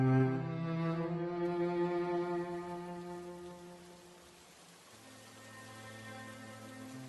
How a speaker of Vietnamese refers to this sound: Mùa mưa năm nay đến khá là sớm. Trong một góc đồi được săn phẳng gần địa giới của hai tỉnh Điện Biên và Sơn La, cơn mưa xối xả kéo dài hơn 3 ngày trời, làm cho nước suối dâng lên cao, cuồn cuộn tuôn trào như là muốn nuốt chửng tất cả.